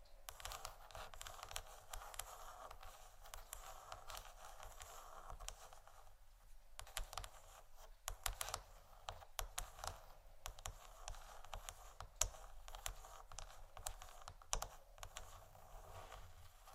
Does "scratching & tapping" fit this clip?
yes